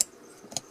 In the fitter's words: you hear that that's a click that's a click i was looking for